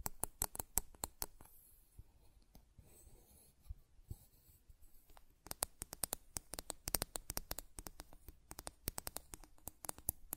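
Buttons click and tap in quick, irregular bursts, each a sharp, bright snap. Dense clusters of clicks fill the first second and the stretch after about five seconds, with a sparser, quieter lull between roughly two and five seconds and a faint scratchy rustle underneath.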